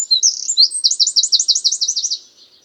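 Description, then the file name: Eurasian wren song fragment: very high, strongly rhythmic fast trill of repeated bright notes, fading out after about two seconds. "Troglodytes troglodytes"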